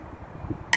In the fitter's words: tap against the back of the scabbard click